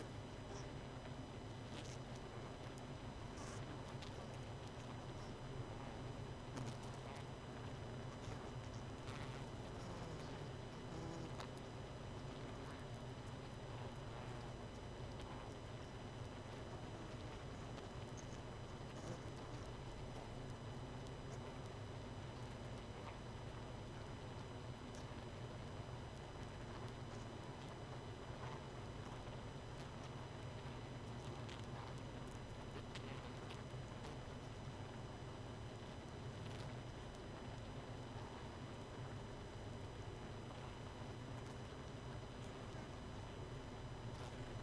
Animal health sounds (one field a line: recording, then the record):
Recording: honeybee colony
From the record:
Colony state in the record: missing queen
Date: 31 May 2018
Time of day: 22:12